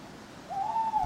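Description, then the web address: Owl with a smooth, level hoot lasting about half a second, ending in a low thump. Owls hooting at night in a churchyard. "birds backgrounds churchyard night owls hooting clock strike"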